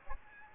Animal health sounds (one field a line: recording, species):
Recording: mosquito wingbeat signal from an infrared sensor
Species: Aedes aegypti